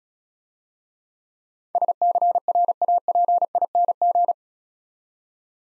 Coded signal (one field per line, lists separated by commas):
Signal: Morse code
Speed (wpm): 36 wpm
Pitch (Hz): 700 Hz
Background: none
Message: SCRAPING